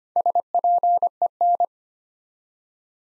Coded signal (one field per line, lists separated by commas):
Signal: Morse code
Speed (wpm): 25 wpm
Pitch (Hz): 700 Hz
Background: none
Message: SPEN